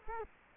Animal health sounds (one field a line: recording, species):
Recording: mosquito wingbeat signal from an infrared sensor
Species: Culex quinquefasciatus